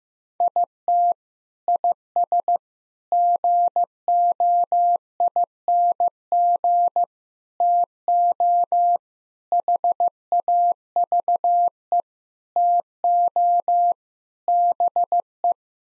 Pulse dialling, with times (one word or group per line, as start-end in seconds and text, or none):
none